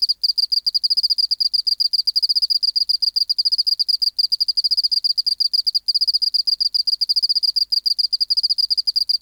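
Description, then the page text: Oceanic field cricket: sustained high pulsed song in long trains with a few short breaks, steady loudness, silent background. Recorded in the BMNH Acoustic Laboratory, 19 March 1984, 11:15 local time, 24 °C, 30% humidity, still air, dim light. "412:14 Teleogryllus oceanicus (514r2). BioAcoustica. Natural History Museum Sound Archive. Recording Location: BMNH Acoustic Laboratory Recorded by: W. J. Reynolds Date Recorded: Mandag, marts 19, 1984 Local time: 1115"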